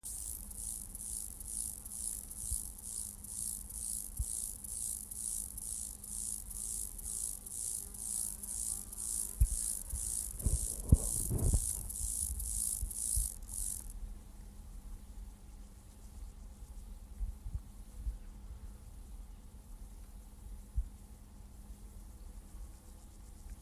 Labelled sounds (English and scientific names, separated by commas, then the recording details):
Lesser Field Grasshopper (Chorthippus mollis) stridulation
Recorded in the wild
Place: Strausberg, Barnim, Brandenburg, DE
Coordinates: 52.5375, 13.8989
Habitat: meadow
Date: 1989-08-13 18:00
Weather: sonnig, 26°C in Sonne
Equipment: Riporter 6 RG-K, Halbspur, Sennheiser MKH 416 T
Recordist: Frommolt, Karl-Heinz
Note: Annatal, Südhang mit lichter Vegetation: Gesang. Bestimmung rein akustisch. Entfernung zum Mikrofon 50 cm